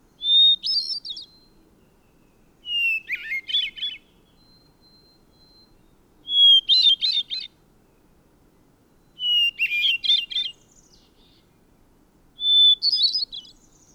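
Bird song with five phrases, each a short clear whistle leading into a rapid twittering, buzzy burst, with quiet pauses between.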